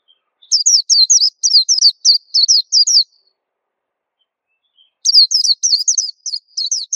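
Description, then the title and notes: White-eye song: two phrases of quick, high, bouncing twitters with downslurred notes, parted by a quiet gap. Local name pleci; described as a long, melodious song. "Kicau Burung Pleci ampuh. suara burung pleci merdu panjan"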